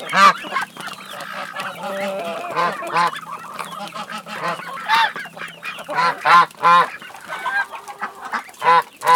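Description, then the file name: Domestic goose: domestic geese honking loudly in repeated harsh bursts, several birds overlapping. Geese calling in a barn. "Sound Ideas - Barn Sounds with Geese and Chickens Calling"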